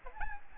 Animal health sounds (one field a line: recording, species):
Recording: mosquito wingbeat signal from an infrared sensor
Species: Aedes albopictus